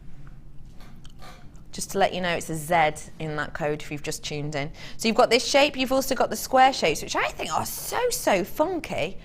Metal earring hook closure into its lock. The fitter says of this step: and then it's just a push together, pull apart, lock into place.